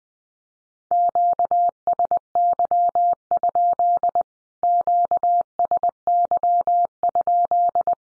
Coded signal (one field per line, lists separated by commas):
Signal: Morse code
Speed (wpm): 19 wpm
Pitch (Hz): 700 Hz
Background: none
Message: QSY? QSY?